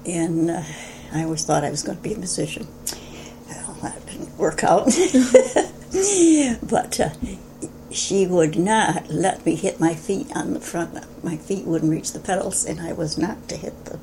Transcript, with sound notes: I always thought I was going to be a musician. Well, that didn't work [laughter] She would not let me hit my feet on the front, my feet wouldn't reach the pedals and I was not to hit the